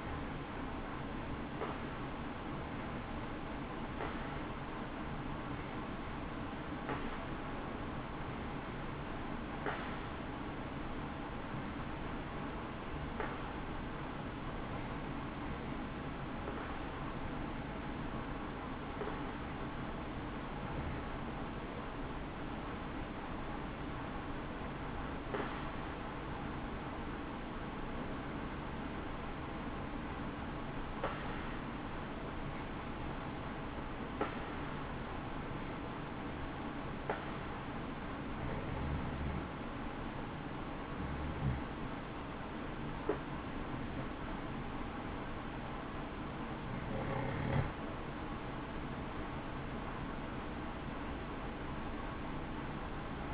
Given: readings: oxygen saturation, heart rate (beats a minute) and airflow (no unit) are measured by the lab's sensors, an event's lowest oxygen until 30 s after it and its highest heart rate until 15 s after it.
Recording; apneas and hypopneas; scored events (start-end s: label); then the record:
breathing in sleep by a voice recorder at the bedside; none
none scored
From the record:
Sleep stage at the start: N2 (light sleep); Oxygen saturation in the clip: 92 to 94%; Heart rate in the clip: 63 to 68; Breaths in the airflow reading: 18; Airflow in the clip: -7.6 to 7.4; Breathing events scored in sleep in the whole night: 216 in 7.0 hours asleep